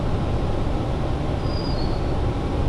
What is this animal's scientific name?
Parus major